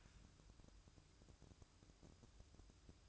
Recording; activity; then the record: daily activity, microphone in the room; take from stove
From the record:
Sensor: 2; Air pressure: 1008.0 hPa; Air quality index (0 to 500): 108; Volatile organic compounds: 1 ppm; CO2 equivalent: 811 ppm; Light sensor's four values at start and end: 6/15/6/6 and 6/15/6/6